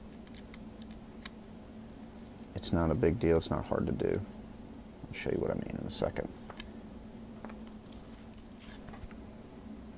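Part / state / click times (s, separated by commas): tactical kit attachment onto paintball marker body / not seated / none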